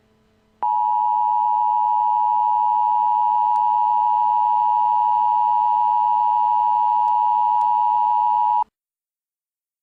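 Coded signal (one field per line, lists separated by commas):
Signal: Emergency Alert System (SAME) tones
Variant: 853 and 960 Hz attention tone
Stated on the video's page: Fake EAS test made with Speakonia text-to-speech.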